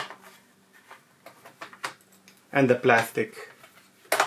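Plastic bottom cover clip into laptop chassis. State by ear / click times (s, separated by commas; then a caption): not seated / none. The plastic bottom cover of an HP ProBook 455 G10 laptop is pressed around its edge so its plastic clips can snap into the chassis, with light plastic taps and handling noises while someone talks. Nothing has seated or clicked into place yet.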